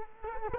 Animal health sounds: mosquito wingbeat signal from an infrared sensor; Culex quinquefasciatus

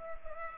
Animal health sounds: mosquito wingbeat signal from an infrared sensor; Culex pipiens

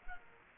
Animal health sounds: mosquito wingbeat signal from an infrared sensor; Culex quinquefasciatus

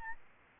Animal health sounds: mosquito wingbeat signal from an infrared sensor; Aedes albopictus

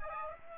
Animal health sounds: mosquito wingbeat signal from an infrared sensor; Aedes aegypti

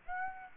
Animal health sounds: mosquito wingbeat signal from an infrared sensor; Aedes aegypti

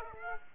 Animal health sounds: mosquito wingbeat signal from an infrared sensor; Aedes aegypti

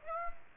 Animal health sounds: mosquito wingbeat signal from an infrared sensor; Aedes aegypti

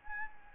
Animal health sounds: mosquito wingbeat signal from an infrared sensor; Anopheles gambiae

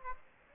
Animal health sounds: mosquito wingbeat signal from an infrared sensor; Aedes aegypti

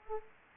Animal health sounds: mosquito wingbeat signal from an infrared sensor; Anopheles arabiensis

